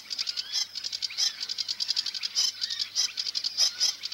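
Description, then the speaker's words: Sedge warbler song: a dense, buzzy chatter of quick high notes, delivered without pause. Sings as it flies about a willow bush. "Рядом на ивовом кустике перелетает с песней камышовка-барсучок."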